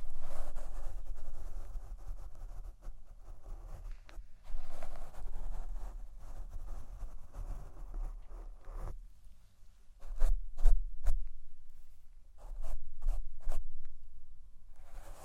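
Mic brushing and tapping: for the first nine seconds a steady, dense rustling scrape with low rumble, swelling around four and a half seconds. After a brief lull, sharp separate taps arrive near ten, eleven and thirteen seconds, with softer scraping in between.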